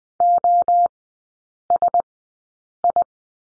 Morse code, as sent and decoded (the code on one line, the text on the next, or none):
--- ... ..
OSI